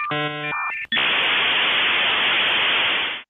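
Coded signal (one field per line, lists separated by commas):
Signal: dial-up modem handshake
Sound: short buzzy harmonic tones and high beeps, brief silence, then steady harsh hiss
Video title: Dial Up Internet sound effect (download)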